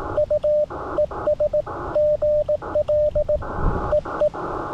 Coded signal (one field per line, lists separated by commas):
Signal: Morse code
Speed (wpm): 17 wpm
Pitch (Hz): 590 Hz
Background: radio noise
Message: U ES GL EE